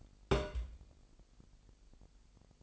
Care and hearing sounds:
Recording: daily activity, microphone in the room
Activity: place on stove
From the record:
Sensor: 5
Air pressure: 1002.1 hPa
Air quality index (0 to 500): 295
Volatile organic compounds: 30 ppm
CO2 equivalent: 2963 ppm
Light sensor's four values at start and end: 20/43/19/21 and 20/43/19/21

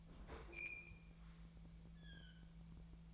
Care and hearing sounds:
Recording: daily activity, microphone in the room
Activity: open fridge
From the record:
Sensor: 1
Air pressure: 1009.8 hPa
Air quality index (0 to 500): 191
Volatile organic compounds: 18 ppm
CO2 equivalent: 2617 ppm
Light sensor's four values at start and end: 33/84/35/43 and 33/84/35/42

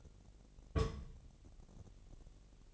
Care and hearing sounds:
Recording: daily activity, microphone in the room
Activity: place on stove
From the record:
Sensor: 4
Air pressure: 1000.1 hPa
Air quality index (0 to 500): 231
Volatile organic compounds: 31 ppm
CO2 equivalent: 2981 ppm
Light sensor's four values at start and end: 9/20/8/8 and 9/20/8/8

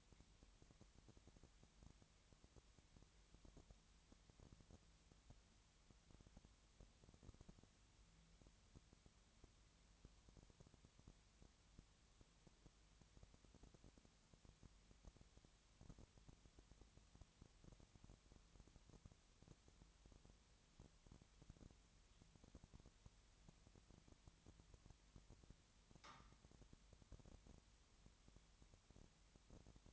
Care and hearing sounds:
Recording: daily activity, microphone in the room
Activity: no activity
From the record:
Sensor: 3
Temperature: 20.6 degrees Celsius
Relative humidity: 34.7%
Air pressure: 1007.2 hPa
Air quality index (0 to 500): 137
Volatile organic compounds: 3 ppm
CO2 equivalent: 1530 ppm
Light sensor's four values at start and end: 2/3/2/2 and 2/3/2/2

